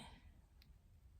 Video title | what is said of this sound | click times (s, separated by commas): Mirror Mi Akiko Kittyama Doll Review | You know when it's in place with the satisfying click. | 0.6 s